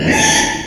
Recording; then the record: squeal of a Yucatan mini pig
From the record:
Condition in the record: before surgery on the right vocal fold (resection and tissue-engineered implant); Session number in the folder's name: 2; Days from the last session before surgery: 0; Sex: male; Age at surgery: 12 weeks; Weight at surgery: 13 kg